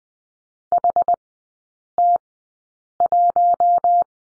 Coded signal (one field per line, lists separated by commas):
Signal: Morse code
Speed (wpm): 19 wpm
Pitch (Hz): 700 Hz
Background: none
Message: HT1